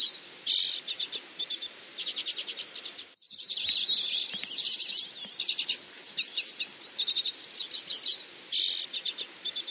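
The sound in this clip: Bird calling: busy high-pitched chirps and short trilled bursts over a constant hiss, with a brief drop-out after about three seconds.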